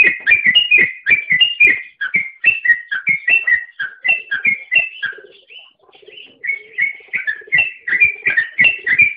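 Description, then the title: Oriental magpie-robin with a rapid run of whistled paired notes, then a softer quiet stretch with faint low chatter, before the brisk whistling resumes. "Kicau Kacer"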